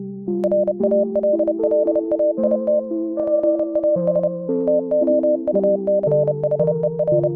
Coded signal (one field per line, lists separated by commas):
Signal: Morse code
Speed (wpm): 30 wpm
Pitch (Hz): 600 Hz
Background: music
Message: RALLAIT PAS TOUCHER